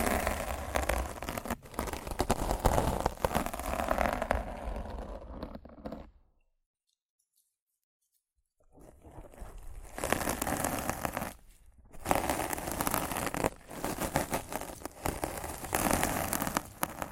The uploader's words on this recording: ASMR Rough Mic Scratching & Brushing (No Talking).